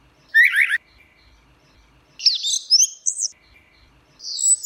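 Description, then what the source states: Orange-headed thrush: songbird giving short bursts of high, twittering and sliding notes with brief silent gaps. Song style called ngeplong; recording used as master audio for training captive birds.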